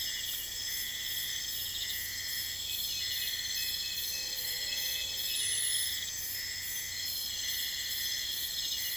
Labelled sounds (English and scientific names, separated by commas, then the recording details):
none
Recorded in pastures near Puerto Asís, Putumayo, Colombia, on 21 December 2024 at 00:30
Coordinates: 0.472, -76.329
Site G072